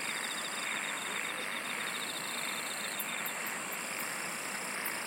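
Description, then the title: Insects trilling in a long pulsed run, then several short very high chirps, over a steady shrill hum. "SINGING OF INSECTS"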